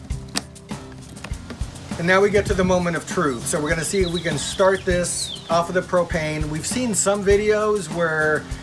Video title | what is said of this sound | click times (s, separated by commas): Champion 2500 Watt Dual Fuel Portable Inverter Generator | it says we're gonna just stick it into this area right here and push until we hear a click | 0.4 s